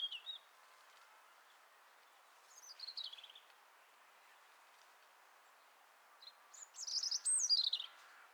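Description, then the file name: European robin singing sparse high, trilling phrases, one near the start, a descending one, then a tumbling, jangling run after a long silent gap. "Erithacus rubecula"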